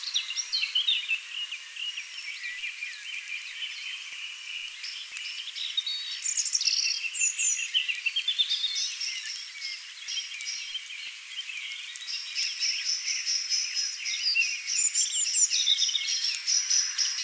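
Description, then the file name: European robin singing thin, high, varied warbling phrases with sliding whistles and trills, fairly soft and continuous. "Erithacus rubecula"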